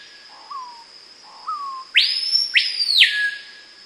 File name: piauhau hurleur